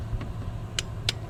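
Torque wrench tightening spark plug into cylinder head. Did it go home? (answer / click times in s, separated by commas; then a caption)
yes / 0.8 s, 1.1 s. A torque wrench tightens a new spark plug into the cylinder head of a 2011 Ford F-150 during a spark plug replacement. Over a steady low hum, sharp clicks sound at 0.8 s and 1.1 s as the wrench reaches its torque setting, confirming the plug is tightened to spec.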